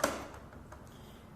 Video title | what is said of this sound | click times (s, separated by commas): Tutorial cara pemakaian Sirena Hydro Vacuum | kan Salah satu bagian belum terkunci | 0.0 s